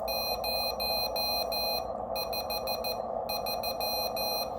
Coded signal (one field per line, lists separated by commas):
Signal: Morse code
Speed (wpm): 14 wpm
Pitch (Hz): 2500 Hz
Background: none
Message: 053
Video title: Supersized NorCal 40A - Keyer, AFA & Audio Amp mounted